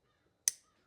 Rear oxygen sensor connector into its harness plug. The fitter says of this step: hear that click